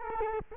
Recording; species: mosquito wingbeat signal from an infrared sensor; Culex quinquefasciatus